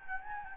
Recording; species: mosquito wingbeat signal from an infrared sensor; Anopheles gambiae